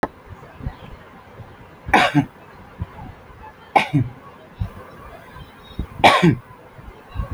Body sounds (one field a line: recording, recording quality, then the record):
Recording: shallow voluntary cough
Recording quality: excellent, no background noise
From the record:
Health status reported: healthy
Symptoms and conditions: none ticked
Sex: male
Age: 43 years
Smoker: not ticked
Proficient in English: yes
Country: India